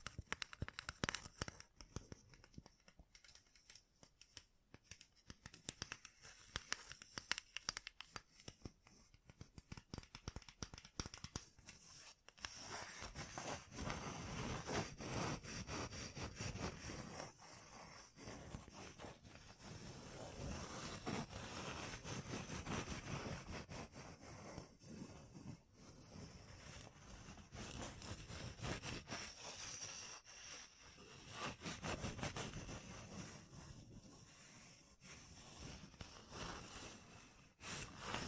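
Gem-covered fingertips tap and scratch. The first dozen seconds are sparse, quick clicking taps, then a dense, rough scratching takes over and runs almost without pause, swelling and easing in waves with brief lulls around 22, 27 and 32 seconds.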